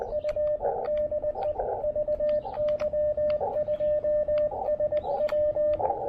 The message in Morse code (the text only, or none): U DE VY2SW